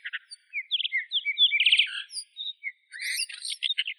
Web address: Monticola solitarius song. birds of the ussr